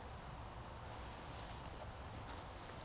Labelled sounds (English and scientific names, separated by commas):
Eurasian Woodcock (Scolopax rusticola) whistle